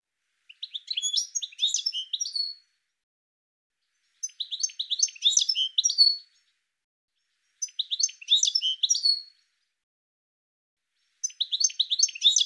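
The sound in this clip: Bird repeating a high, twittering phrase of quick chirps every few seconds, four phrases in all, separated by silence.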